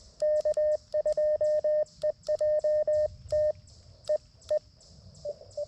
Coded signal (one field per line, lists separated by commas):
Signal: Morse code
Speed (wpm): 20 wpm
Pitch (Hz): 1800 Hz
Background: none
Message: K2EJT E E